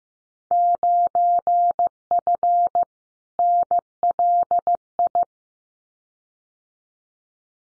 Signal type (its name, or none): Morse code